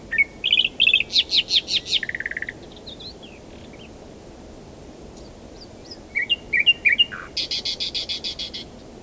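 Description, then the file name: Common nightingale song with quick repeated notes, a rasping trill and a fading rattle. After a pause, a fresh phrase of chirps leads into a loud buzzy series. "Luscinia megarhynchos"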